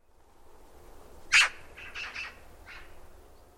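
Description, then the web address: Bird calling with one loud, harsh, high note followed by several softer, shorter notes, over faint low background noise. Call labelled "Pi Pi Pi Pi". "birddata Deverinetal 2025"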